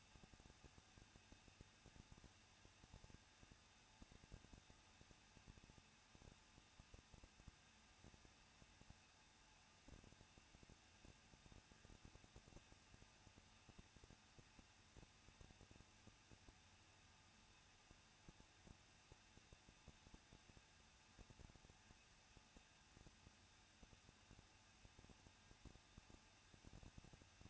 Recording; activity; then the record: daily activity, microphone in the room; no activity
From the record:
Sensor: 2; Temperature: 21.0 degrees Celsius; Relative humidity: 37.3%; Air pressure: 1006.2 hPa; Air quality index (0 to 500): 221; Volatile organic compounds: 24 ppm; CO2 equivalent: 2798 ppm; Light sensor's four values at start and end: 2/3/2/2 and 2/3/2/2